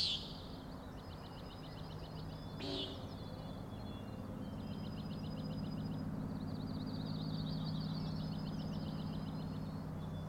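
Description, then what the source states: Common nighthawk giving one clear harsh, nasal peent, over steady high trilling and a constant low hum. Three birds giving peenting calls, flying in close follow-the-leader formation, remarkably close to the recordist; Overlook, Schoodic Head, Acadia National Park, Winter Harbor, Maine; 16 June 2017, 4am.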